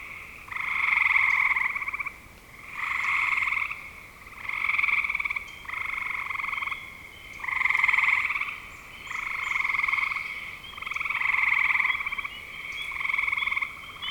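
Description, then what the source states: Frogs giving pulsed, buzzy trills in repeated bursts about a second long with short gaps, steady in pitch throughout. Recorded in spring 2025.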